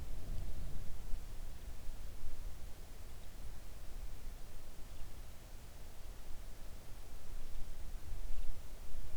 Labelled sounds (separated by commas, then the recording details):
songbird
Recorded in the Arctic National Wildlife Refuge, Alaska, on 3 August 2019 at 05:31
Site 41